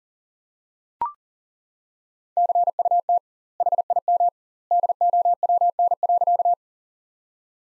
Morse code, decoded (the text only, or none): CUT HIM DOWN.